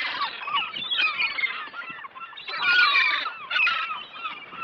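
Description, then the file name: Gulls calling as a dense flock, rough nasal squawks and yelps layered over one another, rising and falling in loudness. "Seagull"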